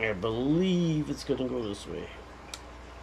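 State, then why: Seated. A wiring harness plug is pushed into its socket on a JK BMS (battery management system) board while someone talks. A short, sharp tick is heard at 2.5 s as the plug snaps into place and seats.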